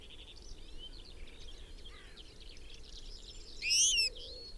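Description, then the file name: European goldfinch call: a loud, sharp twittering burst, heard over busy background twittering. "Carduelis carduelis"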